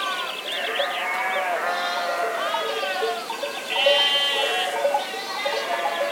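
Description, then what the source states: Sheep bleats, a chorus of overlapping quavering calls from several animals without pause. Sheep in an enclosure.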